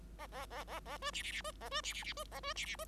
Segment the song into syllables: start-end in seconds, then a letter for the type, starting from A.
0.18-0.27 A, 0.32-0.46 A, 0.50-0.64 A, 0.67-0.80 A, 0.85-0.97 A, 1.01-1.11 B, 1.13-1.23 C, 1.23-1.31 C, 1.32-1.42 C, 1.44-1.52 B, 1.60-1.69 A, 1.71-1.81 B, 1.83-1.93 C, 1.94-2.04 C, 2.04-2.13 C, 2.16-2.24 B, 2.31-2.40 A, 2.43-2.53 B, 2.55-2.65 C, 2.65-2.76 C, 2.79-2.84 B